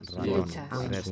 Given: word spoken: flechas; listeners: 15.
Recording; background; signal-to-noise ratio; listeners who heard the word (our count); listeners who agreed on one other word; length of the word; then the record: one Spanish word in noise, from a listening test; four-talker babble; -1.7 dB; 1 of 15; 6 of 15; 0.72 s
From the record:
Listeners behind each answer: 6, 3, 3, 1, 1, 1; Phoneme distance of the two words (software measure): 17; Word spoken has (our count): 2 syllables, 6 phonemes, stress on syllable 1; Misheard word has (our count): 2 syllables, 5 phonemes, stress on syllable 1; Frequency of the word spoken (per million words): 5.31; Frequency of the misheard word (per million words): 6.52